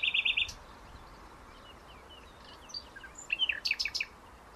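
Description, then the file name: Common nightingale delivering a fast stuttering trill, then soft scattered notes, followed by a loud rapid series of high pulsed notes, with background hiss throughout. "Luscinia megarhynchos"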